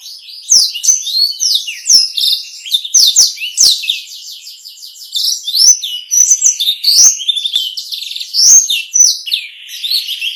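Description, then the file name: Black-throated canary singing a fast, sweet, continuous twittering song mixed with swooping whistles. Bird singing constantly ('gacor') in a clear 'kristal' style, used to train cage birds. "masteran burung blackthroat gacor kristal"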